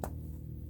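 A spark plug wire boot is pushed down onto a spark plug on a 2007 Subaru Forester 2.5L engine and clicks home at 0.0 s, a sharp broadband snap over a steady low hum. The boot is seated; the click matters because without it the plug won't fire and the engine misfires.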